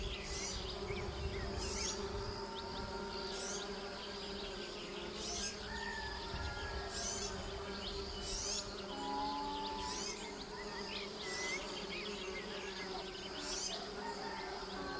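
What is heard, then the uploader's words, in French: Bees hum in a dense, steady drone, many wings buzzing at once with low and middle tones layered together. Brief bright bursts recur about every second or so, and a few short rising whines of single bees pass through around six and nine seconds. Adouz-abeilles.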